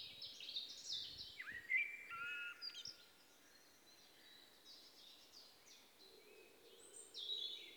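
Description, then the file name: Common blackbird: a song phrase of a few whistles and high scratchy twitters, then fainter high fragments and a short high twitter near the end. "Turdus merula"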